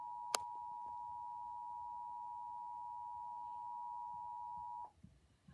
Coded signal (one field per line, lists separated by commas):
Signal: Emergency Alert System (SAME) tones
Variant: 853 and 960 Hz attention tone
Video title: WPVI-TV Emergency Alert System Required Monthly Test in PA (EAS #42)